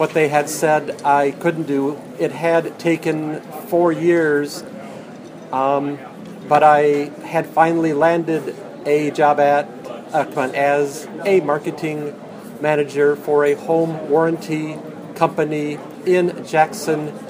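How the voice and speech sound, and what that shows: Adult male speech with stretched sounds and a long mid-sentence pause, consistent with stuttering prolongations and a block.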